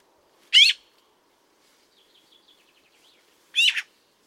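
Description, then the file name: Eurasian magpie giving two harsh, rasping calls about three seconds apart, with faint soft twittering notes in between. "Pica pica"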